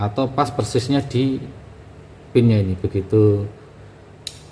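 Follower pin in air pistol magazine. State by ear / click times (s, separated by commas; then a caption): seated / 4.3 s. A man talks while working the magazine of a DCobra P355 spring air pistol, pulling the follower pin back until it catches in its locking notch so the magazine can be loaded. A sharp metallic click at 4.3 s marks the pin locking back into place.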